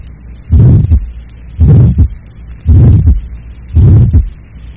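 Regular, slow heartbeat at about 56 beats a minute in a child, each beat followed by a soft, low-pitched systolic murmur. This innocent systolic murmur is usually heard at the apex, the right second intercostal space and the neck, and is almost always audible at the left second intercostal space; its intensity over the neck is surprising.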